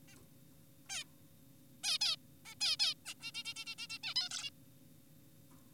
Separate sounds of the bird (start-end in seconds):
0.08-0.16, 0.90-1.04, 1.84-1.98, 2.01-2.16, 2.46-2.55, 2.61-2.76, 2.80-2.94, 3.06-3.14, 3.22-3.32, 3.35-3.44, 3.45-3.54, 3.56-3.65, 3.67-3.75, 3.78-3.87, 3.90-3.98, 4.04-4.14, 4.16-4.29, 4.31-4.50